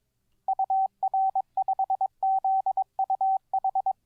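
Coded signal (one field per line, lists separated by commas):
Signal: Morse code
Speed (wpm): 22 wpm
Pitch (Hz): 770 Hz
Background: none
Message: UR5ZUH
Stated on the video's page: Live Morse code learning practice session, day 23 of daily 10-minute CW study.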